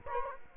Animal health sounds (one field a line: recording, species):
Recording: mosquito wingbeat signal from an infrared sensor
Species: Culex quinquefasciatus